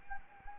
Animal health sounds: mosquito wingbeat signal from an infrared sensor; Anopheles arabiensis

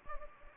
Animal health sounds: mosquito wingbeat signal from an infrared sensor; Anopheles gambiae

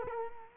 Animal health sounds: mosquito wingbeat signal from an infrared sensor; Culex quinquefasciatus

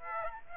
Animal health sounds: mosquito wingbeat signal from an infrared sensor; Aedes aegypti

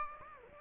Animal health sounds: mosquito wingbeat signal from an infrared sensor; Aedes aegypti

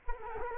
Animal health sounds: mosquito wingbeat signal from an infrared sensor; Culex quinquefasciatus

